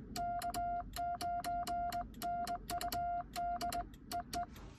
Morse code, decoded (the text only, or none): K9NUD EE